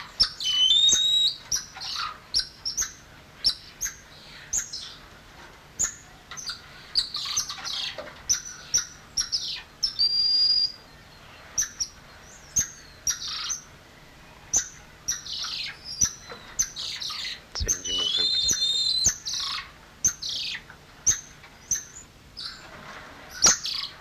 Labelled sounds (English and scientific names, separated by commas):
Golden Lion Tamarin (Leontopithecus rosalia) call